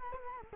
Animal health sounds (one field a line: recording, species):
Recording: mosquito wingbeat signal from an infrared sensor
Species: Culex quinquefasciatus